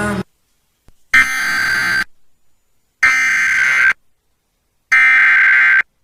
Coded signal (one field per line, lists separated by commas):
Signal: Emergency Alert System (SAME) tones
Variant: header bursts